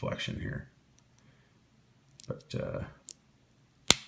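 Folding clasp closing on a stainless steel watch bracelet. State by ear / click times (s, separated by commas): seated / 3.9 s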